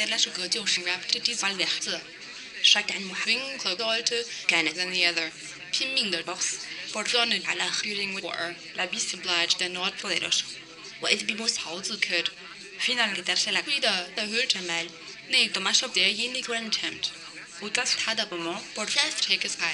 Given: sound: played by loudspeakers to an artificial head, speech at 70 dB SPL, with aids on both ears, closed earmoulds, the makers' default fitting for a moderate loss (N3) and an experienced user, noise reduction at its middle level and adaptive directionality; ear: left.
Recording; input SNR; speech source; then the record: speech test signal (ISTS) in cocktail-party noise; +9 dB; in front (0 degrees)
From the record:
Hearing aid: class 1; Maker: B